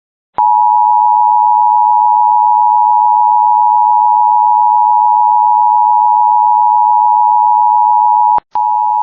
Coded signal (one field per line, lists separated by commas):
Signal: Emergency Alert System (SAME) tones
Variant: 853 and 960 Hz attention tone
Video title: FFW (EAS 36)